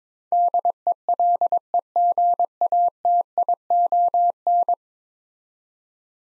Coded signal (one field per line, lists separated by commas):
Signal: Morse code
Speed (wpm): 22 wpm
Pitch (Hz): 700 Hz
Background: none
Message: DELEGATION